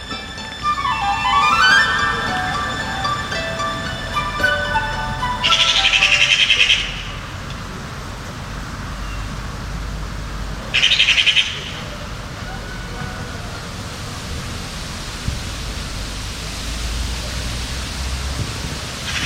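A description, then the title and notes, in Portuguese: Magpies give two harsh, rattling chatter bursts, one around six seconds and a shorter one near eleven, over a constant low rush of wind. Early on, a sliding, tonal whistle-like call drops in pitch, then fades, leaving the wind to fill the rest. Pegas rabudas e vento - Montemor-o-Novo.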